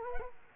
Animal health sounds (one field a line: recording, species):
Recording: mosquito wingbeat signal from an infrared sensor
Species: Culex quinquefasciatus